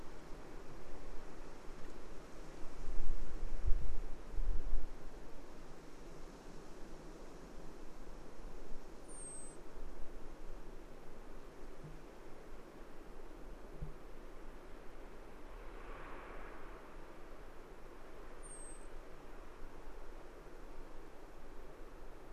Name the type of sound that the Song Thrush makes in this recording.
song